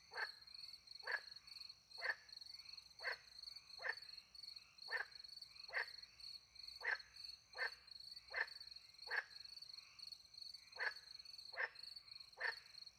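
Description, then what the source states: Frog croaks come in a brisk, fairly even series of short notes, set against a constant shrill chorus of crickets. Frogs with crickets, in the countryside at night beside a little pond in France; microphones hidden in a tree, recorded with two Usi Pro microphones into a MixPre-10 II.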